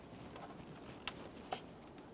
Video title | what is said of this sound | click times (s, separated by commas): How to Replace MAP Sensor 2010-2013 Kia Forte Koup | Got a little click from that. | 1.1 s